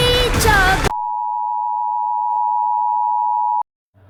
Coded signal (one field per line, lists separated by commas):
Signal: Emergency Alert System (SAME) tones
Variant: 853 and 960 Hz attention tone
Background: music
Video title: JBS - EAS Aircheck (2-JUN-2024)